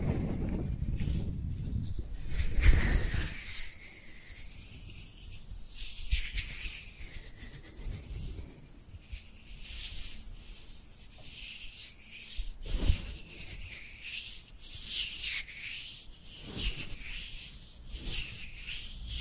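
Dry hands rub together in a continuous hiss, the texture rising and falling in uneven sweeps. A louder, fuller burst of rubbing comes near the start, around two to three seconds, with sharper flicks around 12.5 and 16.5 seconds.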